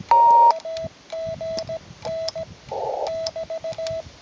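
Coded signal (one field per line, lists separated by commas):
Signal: Morse code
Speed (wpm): 17 wpm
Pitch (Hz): 650 Hz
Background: radio noise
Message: AGN <BT>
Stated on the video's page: QRP CW from Monte S. Nicolao; a first project.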